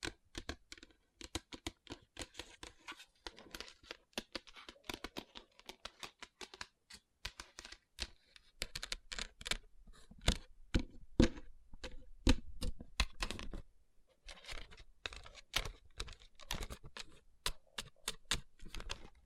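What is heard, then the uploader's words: Fingertips tap on rhinestone-covered palms in quick, uneven bursts of sharp, bright clicks, much like typing. Softer rubbing and scratching fills the gaps, heaviest around eight to fourteen seconds, and the tapping turns denser and faster near the end. Tapping & Rubbing Rhinestone Covered Palms.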